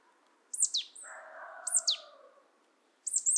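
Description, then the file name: Marsh tit calls: sharp high descending notes in three bursts, with a low humming band underneath in the middle. "Poecile palustris"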